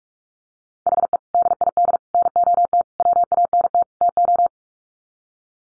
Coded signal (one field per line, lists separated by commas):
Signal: Morse code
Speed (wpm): 44 wpm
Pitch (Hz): 700 Hz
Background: none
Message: HE DID NOT WANT TO